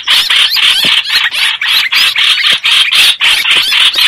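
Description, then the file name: Streak-eared bulbul rasping distress squawks, short harsh notes delivered quickly and fairly evenly, several each second. Distress call given to summon the flock. "Tieng chim trao trao keu cuu goi bay"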